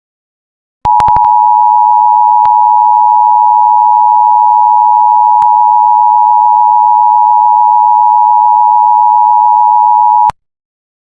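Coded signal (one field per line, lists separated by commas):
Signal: Emergency Alert System (SAME) tones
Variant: 853 and 960 Hz attention tone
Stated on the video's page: Simulated EAS scenario.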